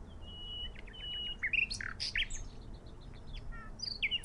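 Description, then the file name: Common nightingale song: drawn-out piping whistles leading into loud harsh chirps, then softer varied notes in quick succession. "Luscinia megarhynchos"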